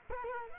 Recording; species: mosquito wingbeat signal from an infrared sensor; Culex quinquefasciatus